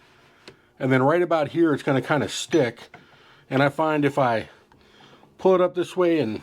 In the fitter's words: You can hear that little click.